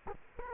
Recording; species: mosquito wingbeat signal from an infrared sensor; Culex quinquefasciatus